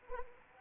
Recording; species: mosquito wingbeat signal from an infrared sensor; Anopheles arabiensis